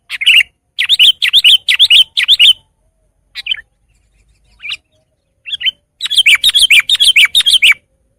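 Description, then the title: Sooty-headed bulbul song: lively chains of quick, gurgling whistled notes, a long run at the start, scattered single phrases, then another fast run at the end. "kutilang"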